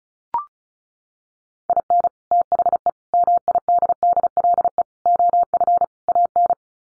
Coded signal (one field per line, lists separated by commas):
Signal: Morse code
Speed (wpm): 34 wpm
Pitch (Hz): 700 Hz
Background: none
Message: IN THE MIDDLE OF AN